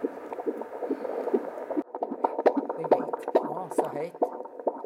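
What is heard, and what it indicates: Fast, rhythmic whooshing pulses at about 136 a minute, with voices briefly in the background. This is a fetal heartbeat picked up by Doppler on the abdomen of a first-time mother in active labour, lying on her side in a bath on a hospital maternity ward. The rate is accelerating, a good sign that the baby is doing well.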